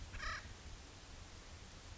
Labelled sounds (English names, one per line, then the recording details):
Acorn Woodpecker
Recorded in Sonoma County, California